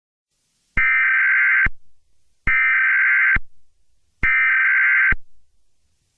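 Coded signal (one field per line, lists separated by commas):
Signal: Emergency Alert System (SAME) tones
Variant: header bursts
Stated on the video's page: Fictional, self-made EAS scenario.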